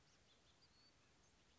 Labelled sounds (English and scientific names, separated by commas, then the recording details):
House Finch (Haemorhous mexicanus)
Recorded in Sonoma County, California